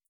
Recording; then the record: hydrophone in a shrimp aquaculture tank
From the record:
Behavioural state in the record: feeding